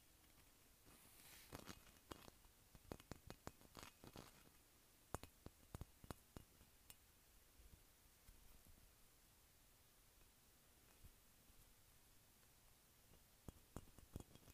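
Tapping on bumpy glass: sharp, bright clicks scattered irregularly, clustered between about one and six seconds, then sparse until a few more near the end. A steady hiss fills the gaps, with a brief rustling wash around the first second.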